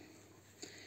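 A plastic locking washer is pressed hard onto the stem of a safety eye through the fabric of a snake plush. It snaps on with a short, sharp click at 0.6 s against a quiet background. The washer is clipped in and the eye is seated.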